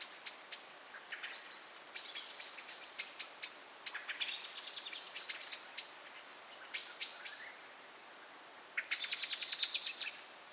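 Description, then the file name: Common blackbird repeating hard metallic chinks in bursts, closing with a fast rattling run of notes. "Turdus merula"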